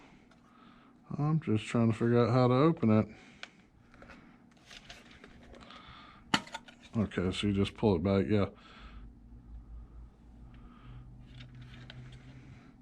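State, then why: Not seated. Someone talks while handling the plastic RC transmitter of a Hobao Hyper TT 4x4 Truggy, working out how to open it and pulling its cover back to get at the AA battery tray. A sharp tap is heard near 6.3 s, along with softer clicks and rustling. The battery tray has not yet been pushed into the transmitter, and nothing has seated or clicked into place.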